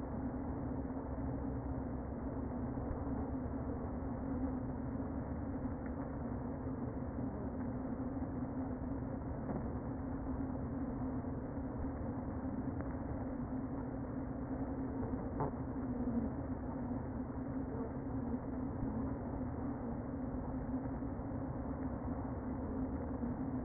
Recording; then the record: honeybee colony, microphone inside the hive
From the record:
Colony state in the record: queen present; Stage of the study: before two queens were removed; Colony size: about 60,000 bees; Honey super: yes